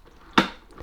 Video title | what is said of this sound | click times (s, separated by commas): How to Insert or Remove Cleaning Solution Bottle from Flash Power Mop - Beginners guide | There you go. And can you see the button depressed and then came back up again? That is it. That bottle is now locked into place. | 0.4 s